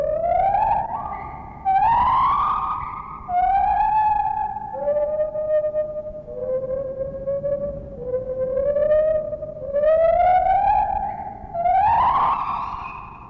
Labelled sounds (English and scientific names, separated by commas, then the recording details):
Lar Gibbon (Hylobates lar)
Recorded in captivity
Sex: pair
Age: adult
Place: Zoo Berlin, Berlin, DE
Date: 1960-11-12 12:00
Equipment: Minifon, Kopie Smaragd
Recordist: Tembrock, Günter